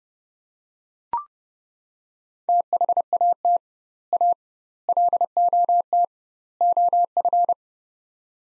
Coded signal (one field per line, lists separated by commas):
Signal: Morse code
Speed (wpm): 30 wpm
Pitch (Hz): 700 Hz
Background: none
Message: THAT A LOT OF